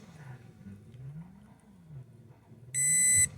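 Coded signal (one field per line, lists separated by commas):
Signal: beep code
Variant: RC car ESC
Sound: low motor-like hum, then one long steady high beep near the end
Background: low motor hum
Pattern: 1 long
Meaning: The setting is saved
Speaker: I hold the button down. One long beep indicates that it's set.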